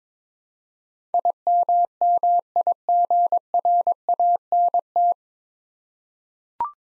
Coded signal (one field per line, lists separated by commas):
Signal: Morse code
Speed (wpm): 22 wpm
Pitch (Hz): 700 Hz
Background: none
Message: IMMIGRANT